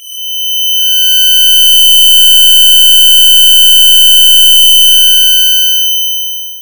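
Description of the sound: A steady, piercing high-pitched ringing made of several pure whistling tones runs for about six and a half seconds, fading in and out, with a slightly lower tone joining for most of it. This is a sound-effect simulation of tinnitus, the ringing heard in the ears.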